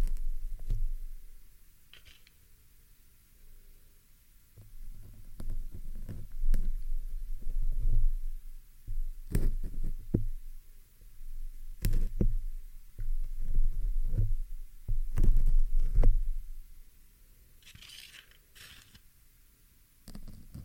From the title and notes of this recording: ASMR MIC PULLING, PIN EXTRACTION, ASMR PIN REMOVAL, PLUCKING PIN FROM MICROPHONE, PINS ASMR, PINS.